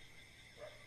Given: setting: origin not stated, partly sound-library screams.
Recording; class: one-second piece from a danger detection set; normal situation